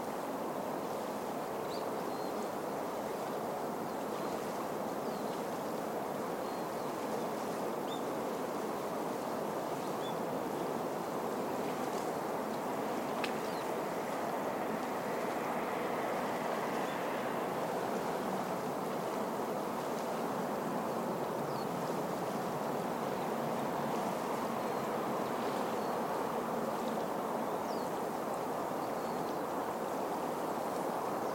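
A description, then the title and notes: A river flows steadily with a dense, even rush of water, fullest in the low and middle range, holding the same level throughout. Faint high ticks and brief chirps appear now and then, possibly insects or small animals, with a soft brighter hiss around fifteen seconds. 満月の下流れる川. The sound of a flowing river under the full moon.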